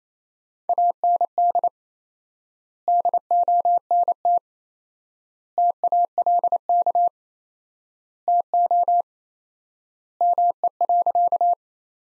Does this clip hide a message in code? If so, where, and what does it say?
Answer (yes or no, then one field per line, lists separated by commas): yes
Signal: Morse code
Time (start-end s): 0.7-11.5 s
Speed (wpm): 27 wpm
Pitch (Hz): 700 Hz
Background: none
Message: AND DONT TALK TO ME.